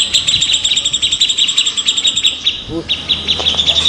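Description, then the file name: Grey-cheeked bulbul song: rapid repeated chattering notes, a brief break after the middle, then a steadier high phrase. Simulated songbird contest recording featuring a trio of birds. "audio simulasi lomba cucak jenggot trio omkicau"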